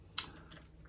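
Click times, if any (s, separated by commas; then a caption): 0.2 s. A small fold-out thumb grip on a Leica M10-P Reporter camera body is flipped open, giving a sharp, bright click at 0.2 s. A few faint clicks follow as it settles, and the grip is released and flipped out.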